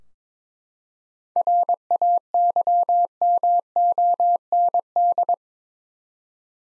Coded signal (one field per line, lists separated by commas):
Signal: Morse code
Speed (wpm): 22 wpm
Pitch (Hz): 700 Hz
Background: none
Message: RAYMOND